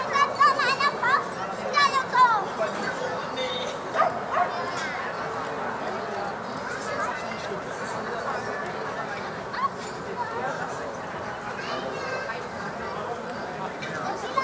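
A summer evening at dusk in Berlin, filled with a steady, dense murmur of overlapping voices. Brighter chirps and calls stand out in the first few seconds, and a dog barks now and then, most clearly around the two and four second marks.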